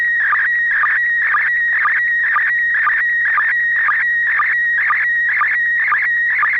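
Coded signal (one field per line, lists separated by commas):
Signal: SSTV (slow-scan television)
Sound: warbling tone around 2 kHz with rhythmic low chirps about twice a second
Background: FM repeater hiss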